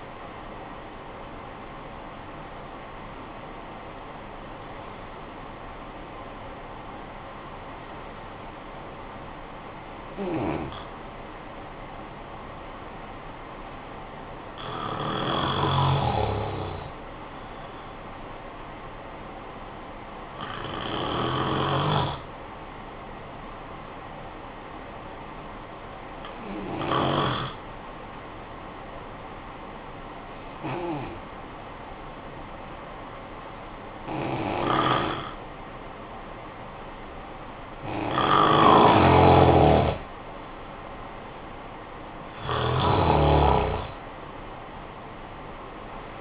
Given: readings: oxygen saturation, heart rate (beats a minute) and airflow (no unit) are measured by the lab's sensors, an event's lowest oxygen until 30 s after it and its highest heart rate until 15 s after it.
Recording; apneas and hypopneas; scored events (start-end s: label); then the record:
breathing in sleep by a voice recorder at the bedside; 1
24.00-38.90 s: hypopnea (N1, oxygen 95% highest, then 88% lowest, heart rate 54 at the start, 69 highest)
From the record:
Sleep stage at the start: N1 (lightest sleep); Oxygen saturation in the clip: 89 to 95%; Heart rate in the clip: 50 to 70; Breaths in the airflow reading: 9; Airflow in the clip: -11.9 to 10.5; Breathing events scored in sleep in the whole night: 445 in 7.6 hours asleep